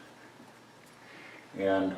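A cleaned ignition coil pack is handled above a spark plug well in the cylinder head of a 2013 Kia Optima, ready to be pushed straight down onto a newly installed spark plug. A quiet low background hum runs for about a second and a half before someone talks at the end. Nothing has seated or clicked yet.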